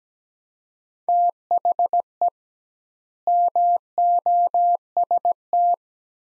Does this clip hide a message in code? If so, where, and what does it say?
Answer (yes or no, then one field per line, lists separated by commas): yes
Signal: Morse code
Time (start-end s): 1.1-5.7 s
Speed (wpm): 17 wpm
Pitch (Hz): 700 Hz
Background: none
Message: THE MOST